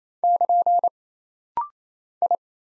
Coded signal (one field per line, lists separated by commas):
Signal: Morse code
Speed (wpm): 27 wpm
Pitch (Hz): 700 Hz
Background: none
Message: <KN> I